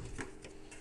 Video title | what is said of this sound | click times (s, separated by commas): Build a NZXT H440 Intel 4770K gaming and editing rig | it locks in place. So now you got the backplate in. | 0.2 s